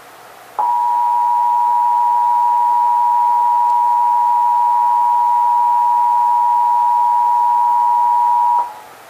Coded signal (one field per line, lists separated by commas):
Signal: Emergency Alert System (SAME) tones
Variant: 853 and 960 Hz attention tone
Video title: (EAS #1,067-1,070) May 2026 Texas Required Monthly Test